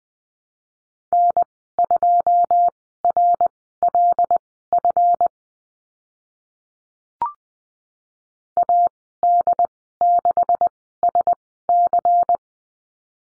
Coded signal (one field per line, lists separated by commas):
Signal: Morse code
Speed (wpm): 20 wpm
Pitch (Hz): 700 Hz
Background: none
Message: N2RLF AD6SC